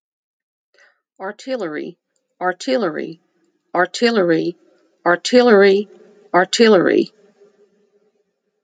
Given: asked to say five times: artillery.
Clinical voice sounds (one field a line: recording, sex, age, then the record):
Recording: repeated word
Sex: female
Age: 50 to 59 years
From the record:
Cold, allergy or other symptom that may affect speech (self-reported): no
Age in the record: 59 years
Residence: Kentucky, United States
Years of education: 12